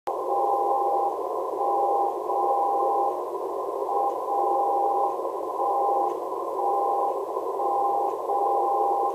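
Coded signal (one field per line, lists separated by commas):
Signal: radio time signal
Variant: WWVB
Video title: WWVB 60kHz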